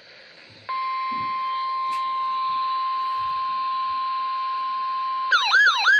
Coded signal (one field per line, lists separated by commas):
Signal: Emergency Alert System (SAME) tones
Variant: 1050 Hz attention tone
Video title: ONE NIGHT...THREE DAVIDSONS... EAS Alerts from 7/5/20 (EAS #4,614 - 4,636)